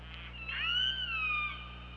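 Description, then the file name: Killer whale call: one loud harmonic call that rises sharply, holds steady, then slides down, lasting about a second, with a steady low hum beneath. Recorded 24 August 2017, around 23:38. "Orca Lab"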